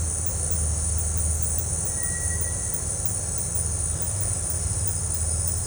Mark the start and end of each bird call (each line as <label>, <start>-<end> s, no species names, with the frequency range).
bird call (1.5-2.2 kHz), 1.91-2.71 s